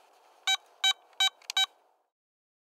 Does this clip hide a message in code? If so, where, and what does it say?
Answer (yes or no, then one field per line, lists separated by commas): no